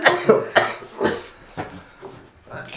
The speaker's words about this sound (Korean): 아 기침.